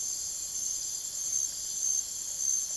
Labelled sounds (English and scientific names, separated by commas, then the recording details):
none
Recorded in secondary vegetation near Puerto Asís, Putumayo, Colombia, on 25 June 2025 at 04:00
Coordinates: 0.489, -76.322
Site G021